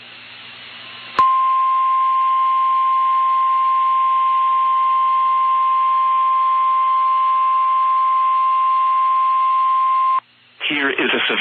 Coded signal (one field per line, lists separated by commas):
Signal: Emergency Alert System (SAME) tones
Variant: 1050 Hz attention tone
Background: speech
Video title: A SHORT SLGT RISK EVENT... EAS Alerts from 6/28/22 (EAS 1,091-1,096)